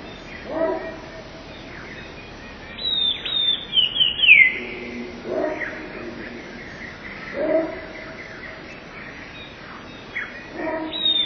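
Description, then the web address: Eurasian blue tit song: one phrase of high, thin notes ending in a falling trill, then the start of another phrase at the very end. "wroblowe teka 2 spiew 11. wroblowe teka modraszkoteka"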